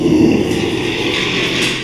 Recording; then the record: squeal of a Yucatan mini pig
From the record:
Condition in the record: after surgery on the right vocal fold (resection and tissue-engineered implant); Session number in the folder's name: 1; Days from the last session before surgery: 6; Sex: male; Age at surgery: 12 weeks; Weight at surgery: 13 kg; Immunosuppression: cyclosporine, prednisolone